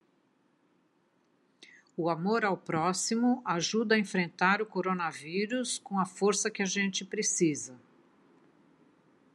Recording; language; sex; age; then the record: spoken sentence; Brazilian Portuguese; female; 60 to 69 years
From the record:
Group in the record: control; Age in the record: 67 years